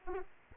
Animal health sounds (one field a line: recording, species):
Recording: mosquito wingbeat signal from an infrared sensor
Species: Aedes aegypti